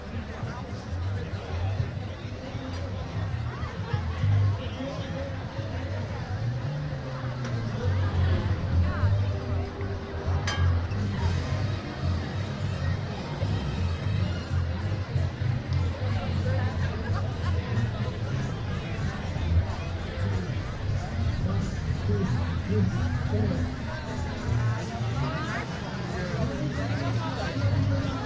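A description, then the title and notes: Crowd murmur at the Parade theatre festival in the Westbroekpark, a dense, steady babble of many overlapping voices with no single speaker standing out. The level holds fairly even throughout, with a slight rise after eight seconds and a brief sharp sound near ten seconds. Recorded july 7th 2011 at the theatre festival the Parade in the Westbroekpark. Westbroekpark Den Haag.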